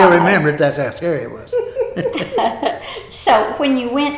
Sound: laughter

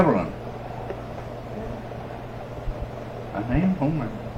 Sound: talking in background

